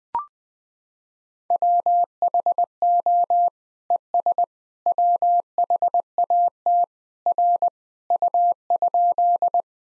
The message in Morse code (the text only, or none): WHO ES WHAT R U?